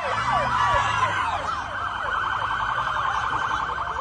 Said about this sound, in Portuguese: Sirene, policial brabo. Policial carioca.